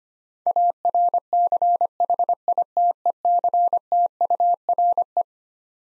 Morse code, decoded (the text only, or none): ARCHITECTURE